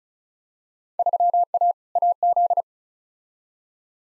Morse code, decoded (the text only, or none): 3A AZ